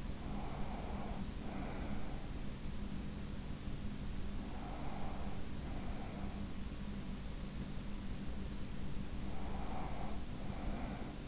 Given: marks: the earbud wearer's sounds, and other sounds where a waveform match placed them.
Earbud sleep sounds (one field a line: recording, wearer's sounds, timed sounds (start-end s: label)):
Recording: sounds in sleep by an in-ear microphone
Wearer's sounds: breath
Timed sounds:
0.00-2.14 s: breath
4.68-6.71 s: breath
9.40-11.28 s: breath